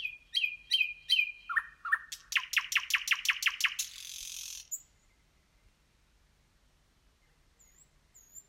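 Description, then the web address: Nightingale song: a phrase of sharp repeated notes speeding into a loud rapid rattle, ending in a buzzy burst, followed by near silence. "slowik nocny spiew slowika"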